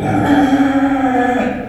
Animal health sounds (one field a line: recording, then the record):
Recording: squeal of a Yucatan mini pig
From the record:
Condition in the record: after surgery on the right vocal fold (resection and tissue-engineered implant)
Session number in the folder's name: 3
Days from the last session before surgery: 21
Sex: female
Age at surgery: 19 weeks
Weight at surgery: 25 kg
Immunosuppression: prednisolone